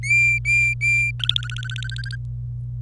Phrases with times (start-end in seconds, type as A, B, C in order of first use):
0.03-1.11 A, 1.20-2.16 B